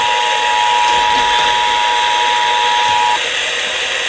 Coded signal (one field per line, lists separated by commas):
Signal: Emergency Alert System (SAME) tones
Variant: 853 and 960 Hz attention tone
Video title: Monthly EAS Tests vs a TRIPOD (EAS Tests from 12/12/23) (EAS #1,258-1,267)